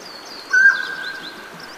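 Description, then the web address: Mountain quail uttering one loud, short, clear note that rings on and fades. "Songs of Birds of North America Know Your Bird Sounds Common Western Species. Mountain Quail"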